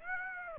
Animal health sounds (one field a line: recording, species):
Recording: mosquito wingbeat signal from an infrared sensor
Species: Aedes aegypti